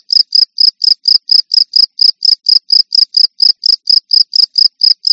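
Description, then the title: Cricket chirping, a steady run of many short high pulses, loud and even. "jangkrik"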